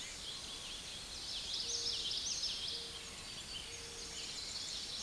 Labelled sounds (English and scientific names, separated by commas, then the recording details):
Common Yellowthroat (Geothlypis trichas) song
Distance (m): 30 m
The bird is about level with the microphone
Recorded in a Pennsylvania forest on 16 May 2024 at 06:26
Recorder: AudioMoth, point MSD-2453
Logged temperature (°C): 16.3 °C
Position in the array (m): 231 m, 181 m